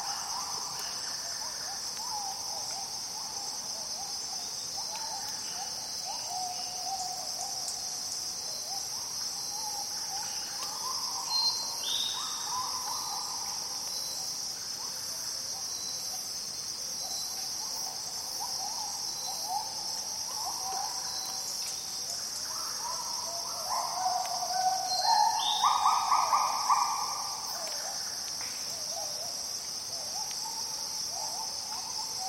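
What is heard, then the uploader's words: Rainforest dawn with a steady high insect drone beneath scattered bird calls, which grow louder and busier around twenty-five seconds before settling again. It's 5am deep in the Borneo rainforest. Birds and daytime insects slowly wake up and start calling too. Recorded in Borneo's rainforest with Sony PCM D10, Lom MikroUsi micropohones and BubbleBee Windbubbles.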